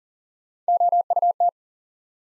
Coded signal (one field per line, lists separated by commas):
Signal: Morse code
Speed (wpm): 42 wpm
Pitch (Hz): 700 Hz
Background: none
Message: OUT